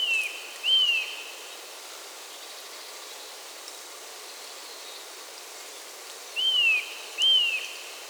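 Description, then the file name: Eurasian nuthatch calls: short clear notes that rise then slide down, given in pairs, one pair near the start and another about six seconds later, over a steady hiss. "Sitta europaea"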